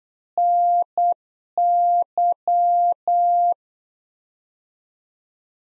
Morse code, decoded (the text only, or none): NY